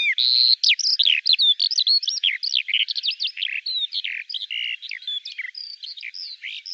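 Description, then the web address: Bird singing a fast, continuous stream of high, varied chirps and twittering notes, rising and falling quickly, with no other sounds. "Deverinetal 2025 File cleaned normalized Bird Al Ar"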